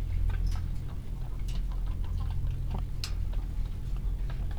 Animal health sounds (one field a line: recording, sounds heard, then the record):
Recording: poultry house recording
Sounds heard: healthy chickens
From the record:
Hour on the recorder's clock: 15